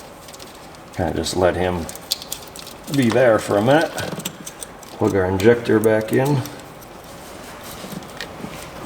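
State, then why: Not seated. While replacing the knock sensor on a Nissan 3.3L engine during a P0125 repair, the knock sensor wiring connector is pushed into its mating plug as a man talks, with a few short light knocks and rattles around 2.1 to 2.6 s and again at 8.2 s. No click is heard, and the connector has not clicked or seated yet.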